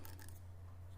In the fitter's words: And now we can snap the switch assembly into the cradle.